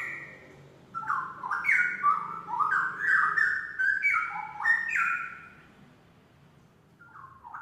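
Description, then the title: Oriental magpie-robin song: a run of clear whistled notes stepping up and down, rich and varied for about four seconds, then a pause and a brief final phrase. "Kicau Kacer"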